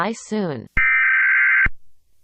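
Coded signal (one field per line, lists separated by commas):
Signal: Emergency Alert System (SAME) tones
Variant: header bursts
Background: speech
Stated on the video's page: Fictional EAS scenario.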